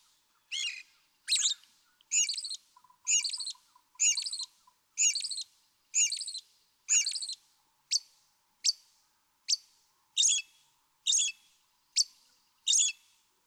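American robin giving a long series of clear, varied phrases at a steady rhythm, with a soft, fast ticking sound underneath early on.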